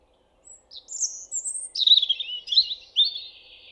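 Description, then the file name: European robin song, a run of thin high whistles and trills shifting abruptly in pitch, starting with pure notes and breaking into fast twittering warbles. "Erithacus rubecula"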